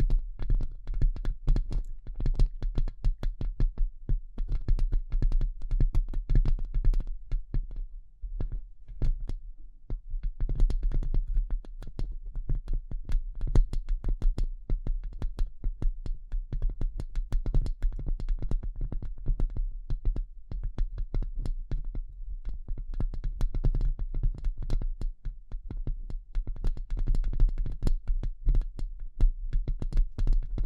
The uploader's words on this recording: ASMR Delicate Tapping (No Talking).